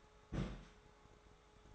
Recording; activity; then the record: daily activity, microphone in the room; place on stove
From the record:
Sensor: 3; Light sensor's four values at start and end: 50/123/54/60 and 50/123/54/60